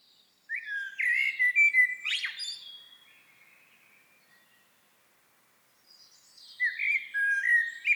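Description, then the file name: Eurasian blackbird gives a rich fluted phrase with a sharp squeaky flourish near its end, pauses a few seconds, then starts another mellow whistled phrase. "Turdus merula"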